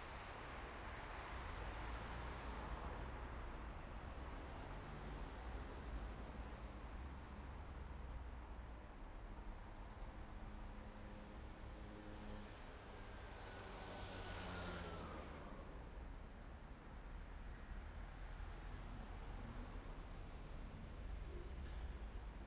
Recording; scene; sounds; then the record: everyday scene through a hearing-aid microphone; in traffic; traffic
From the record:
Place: main city hub, rush hour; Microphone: behind the ear, right, rear